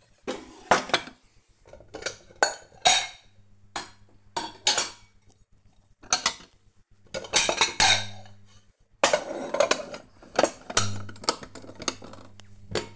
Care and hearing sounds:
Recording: household activities, microphone on the right wrist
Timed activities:
0.00-12.96 s: putting away the dishes

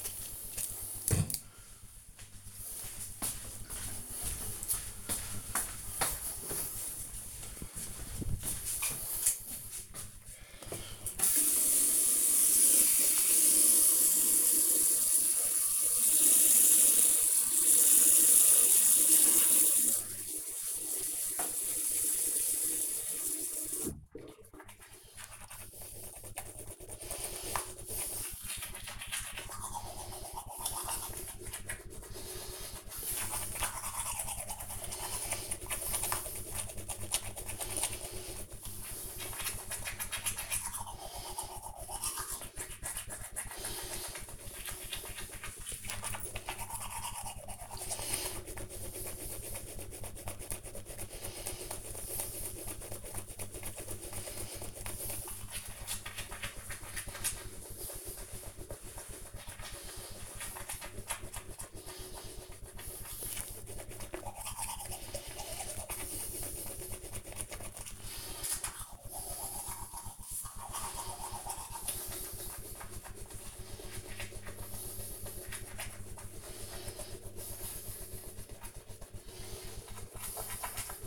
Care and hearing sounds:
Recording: household activities, microphone on the right wrist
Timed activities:
10.36-81.07 s: brushing teeth

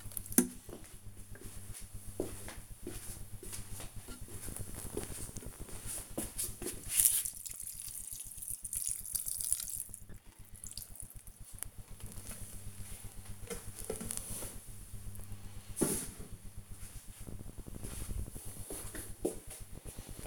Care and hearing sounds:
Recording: household activities, microphone on the right wrist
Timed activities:
0.00-11.05 s: watering plant

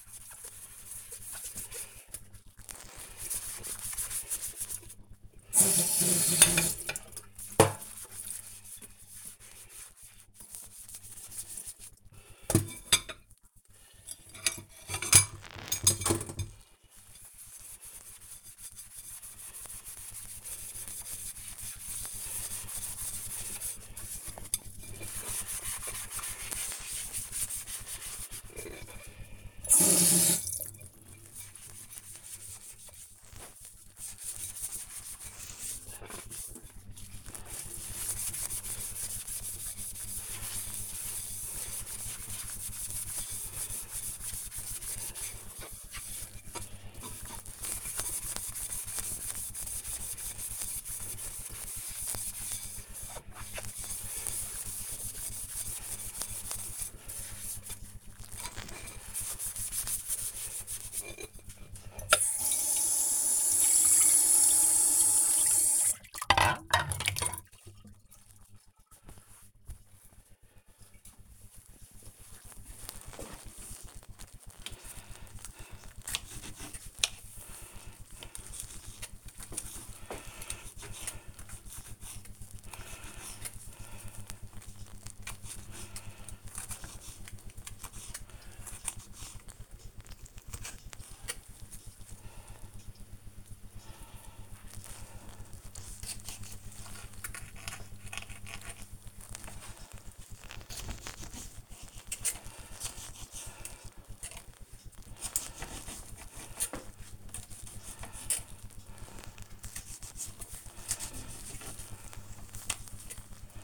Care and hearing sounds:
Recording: household activities, microphone on the right wrist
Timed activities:
0.00-67.98 s: washing dishes
74.02-113.64 s: cutting vegetables

